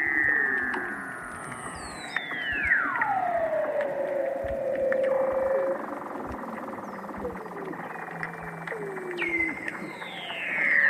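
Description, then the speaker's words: Weddell seal underwater song: a long whistle gliding down from high to low, with other sweeping calls, over a background of clicks and crackling. Underwater song recorded by hydrophone through a hole in the sea ice near Scott Base, Antarctica; space-like, bird-call and jungle-like sounds; background clicks and crackling probably from snapping shrimps. "Wow, I have been sitting here completely mesmerised by the Weddell Seal Symphony. All of those sounds, the space sounds, those bird calls, jungle sounds, everything is seal song."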